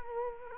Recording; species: mosquito wingbeat signal from an infrared sensor; Culex quinquefasciatus